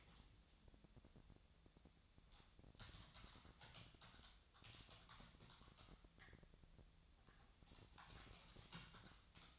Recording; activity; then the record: daily activity, microphone in the room; typing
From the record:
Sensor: 3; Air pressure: 999.2 hPa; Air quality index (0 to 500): 206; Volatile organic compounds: 55 ppm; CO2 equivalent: 3362 ppm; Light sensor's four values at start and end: 8/20/7/8 and 8/20/7/8